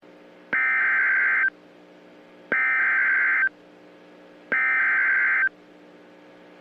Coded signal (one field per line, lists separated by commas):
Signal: Emergency Alert System (SAME) tones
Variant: header bursts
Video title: USA EAS alarm Thunderstorm warning ⚠️ 14/10/24